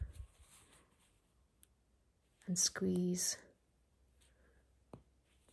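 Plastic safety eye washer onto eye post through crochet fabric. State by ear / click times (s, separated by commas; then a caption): seated / 4.9 s. A plastic safety-eye washer is squeezed onto the post of a safety eye through a crocheted amigurumi piece while someone talks. A short, sharp click at 4.9 s marks the washer seating and securing the eye in place.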